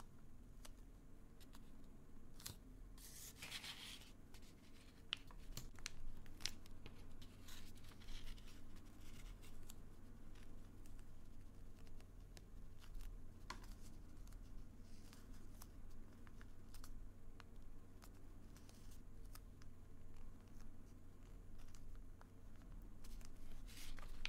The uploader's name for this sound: tapping, whispering, folding